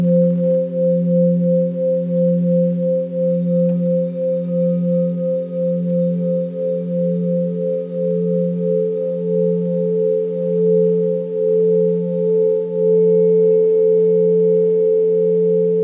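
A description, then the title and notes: A Tibetan singing bowl rings in a steady, sustained drone for the whole stretch, with a deep hum and several clear overtones stacked above it. The tones pulse gently in a slow, regular beating, and a faint high ring enters in the second half. Tibetan Singing Bowls.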